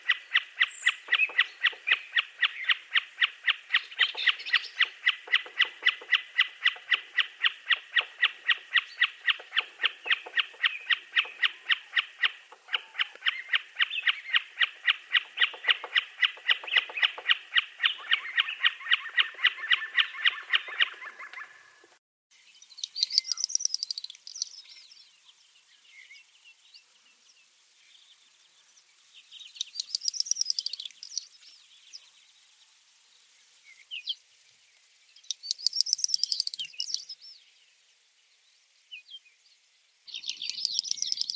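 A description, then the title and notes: Birds sing: a dense, rapid buzzing trill runs steadily for twenty seconds, then stops, followed by bright, arching calls repeated every few seconds. SINGING BIRDS.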